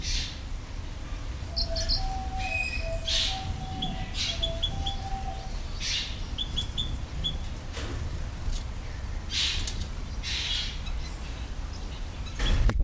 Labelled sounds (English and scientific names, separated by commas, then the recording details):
White-headed Munia (Lonchura maja) call, Orange-breasted Waxbill (Amandava subflava)
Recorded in captivity
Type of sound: call, call sequence
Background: Amandava subflava
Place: Zoo Berlin, Berlin, DE
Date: 1993-01-16
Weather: heiter, 10-13°C
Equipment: Marantz CP 430, Sennheiser ME 80, Kopie Uher Variocord 263
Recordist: Tembrock, Günter
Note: Kurzlaute, dazwischen